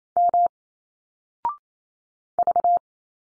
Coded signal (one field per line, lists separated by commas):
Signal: Morse code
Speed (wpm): 28 wpm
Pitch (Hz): 700 Hz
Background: none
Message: M V